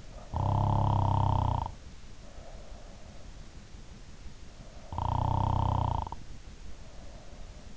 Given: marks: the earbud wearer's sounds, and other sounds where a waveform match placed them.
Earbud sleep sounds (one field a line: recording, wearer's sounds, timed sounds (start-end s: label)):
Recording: sounds in sleep by an in-ear microphone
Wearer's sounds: snoring breath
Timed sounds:
0.00-2.97 s: snoring breath
4.57-7.60 s: snoring breath